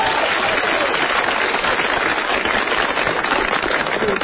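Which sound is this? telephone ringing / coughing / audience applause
audience applause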